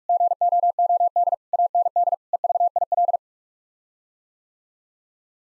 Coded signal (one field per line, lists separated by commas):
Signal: Morse code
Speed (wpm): 46 wpm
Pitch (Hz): 700 Hz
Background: none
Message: GOOD AND EVIL